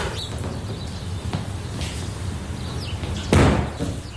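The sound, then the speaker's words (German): A few light clicks and knocks, then a loud, bright crash as the glass of a veranda door is smashed with a large stone, followed by the rattle of the door being opened. No voices. “Desungeachtet suchte ich mir einen größeren Stein, schlug damit das Glas der Verandatür ein, öffnete die Tür und ging ins Haus.”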